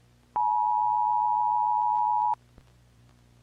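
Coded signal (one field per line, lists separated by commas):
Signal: Emergency Alert System (SAME) tones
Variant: 853 and 960 Hz attention tone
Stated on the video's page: Simulated, fictional EAS scenario alert.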